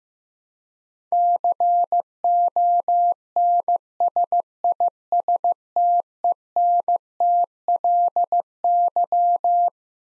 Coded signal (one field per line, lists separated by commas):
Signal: Morse code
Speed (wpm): 15 wpm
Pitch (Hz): 700 Hz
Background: none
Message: CONSISTENTLY